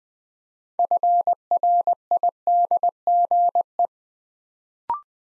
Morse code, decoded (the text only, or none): FRIDGE